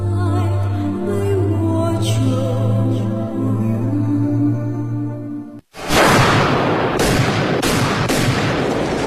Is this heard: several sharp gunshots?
yes